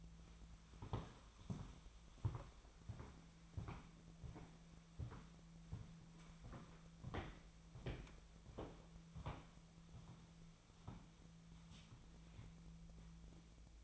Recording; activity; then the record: daily activity, microphone in the room; walk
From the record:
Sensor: 1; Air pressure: 1008.3 hPa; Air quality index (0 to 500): 190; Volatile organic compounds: 17 ppm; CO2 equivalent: 2580 ppm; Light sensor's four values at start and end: 18/45/18/21 and 17/43/17/20